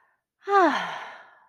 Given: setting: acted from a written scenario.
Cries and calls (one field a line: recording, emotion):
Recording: vocal sound without words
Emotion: contentment